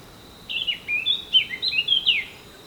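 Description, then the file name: Eurasian blackcap song: a fast, varied warbling phrase of high, sharp, slurred notes lasting nearly two seconds. "Sylvia atricapilla"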